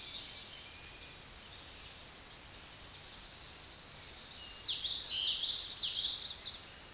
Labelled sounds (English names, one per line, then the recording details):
Tennessee Warbler song
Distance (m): 45 m
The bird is about 10 m above the microphone
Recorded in a Pennsylvania forest on 16 May 2024 at 09:08
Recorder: AudioMoth, point MSD-2320
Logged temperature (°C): 12.8 °C
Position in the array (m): 168 m, 184 m